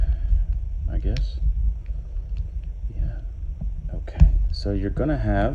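Two halves of a plastic Dreadball obstacle or accessory model are handled, their male and female push-fit peg ends being brought together, a joint that has a positive click and needs no glue. Someone talks over a low rumble with faint taps and handling sounds. Nothing has seated or clicked yet by the end.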